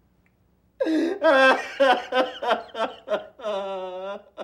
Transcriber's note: soundbite of crying